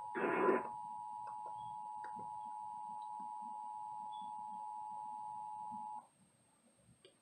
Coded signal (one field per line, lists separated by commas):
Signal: Emergency Alert System (SAME) tones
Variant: 853 and 960 Hz attention tone